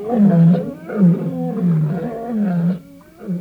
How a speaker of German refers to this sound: Am nächsten bei ihm die beiden Mähnenlöwen. Und alle, die nicht fraßen, stöhnten dieses seltsame Brüllen.